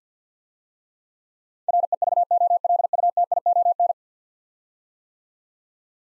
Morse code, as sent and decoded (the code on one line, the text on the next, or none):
.-. . ...- --- .-.. ..- - .. --- -.
REVOLUTION